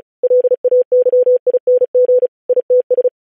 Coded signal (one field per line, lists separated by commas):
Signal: Morse code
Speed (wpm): 36 wpm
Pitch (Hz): 500 Hz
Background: none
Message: LAYING ITS